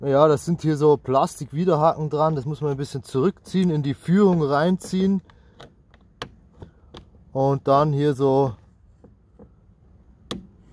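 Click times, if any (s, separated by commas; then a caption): 10.3 s. Someone talks while fitting the passenger-side (right) door card on a VW Golf 4, pulling its plastic barbs back into their guide in the door frame and pressing the door trim panel so its plastic clip goes in. Between the stretches of talk come a few small taps and ticks, then a sharp, loud snap at 10.3 s as the clip seats.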